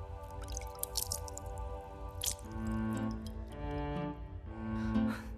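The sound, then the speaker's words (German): Water drips and splashes in small irregular drops, with wet squishing bursts and a low steady hum underneath, and no voices present. “Hier, Wasser.”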